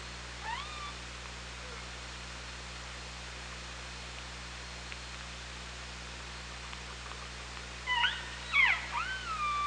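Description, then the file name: Killer whale calls: one faint squeal early, then a burst of rising and falling harmonic squeals near the end over steady hiss and low hum. OrcaLab hydrophone, 24 August 2017. "Orca Lab UTLN JASON 20170824 170644"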